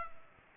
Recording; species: mosquito wingbeat signal from an infrared sensor; Culex pipiens